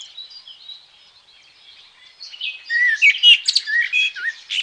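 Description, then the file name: Common blackbird song, starting with faint high notes and building into a loud fluty warble with squeaky high flourishes near the end. "Merel"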